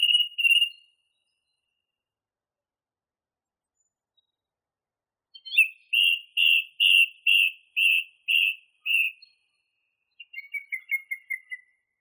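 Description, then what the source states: Song thrush song: a short whistled burst, a long pause, then a steady series of clear repeated notes, ending with a fast descending trill. Masteran recording used for training songbirds.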